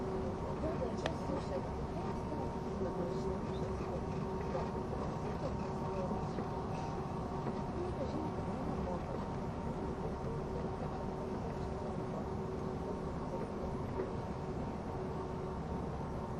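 An ETR610 tilting EuroCity train runs at speed on the Gotthard route, its steady low rumble and roar holding even throughout. Faint tones hum above the noise, with a few brief clicks and rattles, and murmured voices sit beneath.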